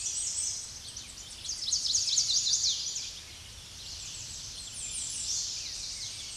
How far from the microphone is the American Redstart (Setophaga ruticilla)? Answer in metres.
about 25 m